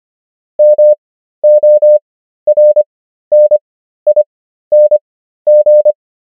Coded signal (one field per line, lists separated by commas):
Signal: Morse code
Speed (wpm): 25 wpm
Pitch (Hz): 600 Hz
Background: none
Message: MORNING